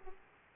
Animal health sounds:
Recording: mosquito wingbeat signal from an infrared sensor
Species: Aedes aegypti

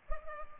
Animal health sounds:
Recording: mosquito wingbeat signal from an infrared sensor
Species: Culex pipiens

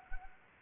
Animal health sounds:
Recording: mosquito wingbeat signal from an infrared sensor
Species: Anopheles arabiensis

